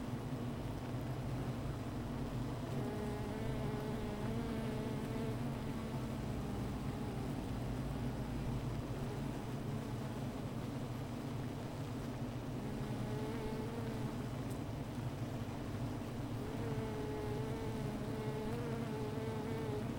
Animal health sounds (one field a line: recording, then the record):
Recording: honeybee colony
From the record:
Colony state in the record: missing queen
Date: 14 July 2017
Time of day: 15:29